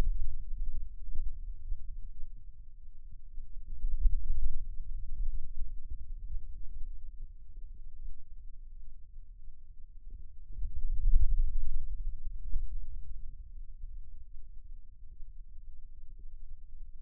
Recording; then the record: forearm muscle sounds (acoustic myography)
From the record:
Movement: pen grasping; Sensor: system 2, bracelet of six BSWA MPA416 microphones around the upper forearm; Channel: 1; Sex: male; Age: 22 years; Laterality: right